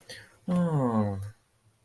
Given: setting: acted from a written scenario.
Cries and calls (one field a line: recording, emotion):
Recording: vocal sound without words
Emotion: sympathy